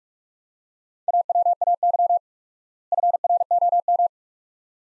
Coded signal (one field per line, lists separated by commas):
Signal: Morse code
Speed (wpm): 44 wpm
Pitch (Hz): 700 Hz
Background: none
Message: AWAY FROM